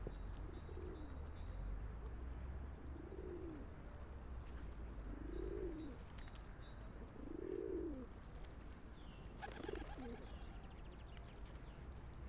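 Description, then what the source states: Bird calls: five soft, low cooing notes at a slow, even pace, with thin high chirps above, over a steady low hum. Recorded in a park in Vienna.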